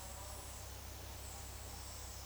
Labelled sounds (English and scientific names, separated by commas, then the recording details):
none
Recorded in dense forest near Puerto Asís, Putumayo, Colombia, on 21 February 2024 at 10:30
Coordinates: 0.485, -76.322
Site G6406